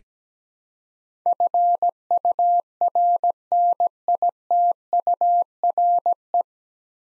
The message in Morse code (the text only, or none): FURNITURE